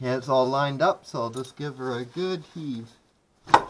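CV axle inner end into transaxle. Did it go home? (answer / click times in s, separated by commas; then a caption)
yes / 3.5 s. Someone talks while the inner spline of a CV axle on a PT Cruiser is lined up with the transaxle side gear. The inner end is struck into the transaxle, and a sharp snap at 3.5 s marks the retaining clip snapping in and the axle seating.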